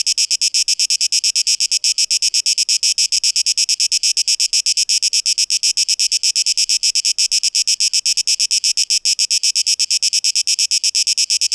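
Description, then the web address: Cicada song, a continuous shrill buzz pulsing quickly and evenly for the whole stretch. Recorded 12 August 2023; tape-echo-processed mix. "rauschpartikel 2023-08-12 Zikaden"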